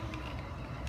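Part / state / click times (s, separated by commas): car seat adapter tabs into stroller frame holes / not seated / none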